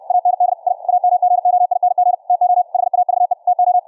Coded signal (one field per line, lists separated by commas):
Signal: Morse code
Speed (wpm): 64 wpm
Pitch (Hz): 720 Hz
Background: none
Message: AND I AM GOING TO HAVE TO